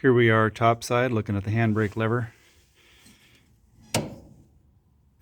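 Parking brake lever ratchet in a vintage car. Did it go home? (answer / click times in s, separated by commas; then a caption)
yes / 3.9 s. Someone talks while looking at the restored handbrake lever of a 1934 Ford sedan, then the parking brake lever is pulled up and its ratchet gives a single sharp click at 4.0 s. The ratchet clicks into place and holds, and the brake works properly.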